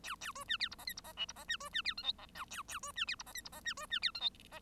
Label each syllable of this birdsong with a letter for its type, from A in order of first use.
A A B C D E F G E F H E F C B C D I J F K A A B C D E F G E F C B C D I J F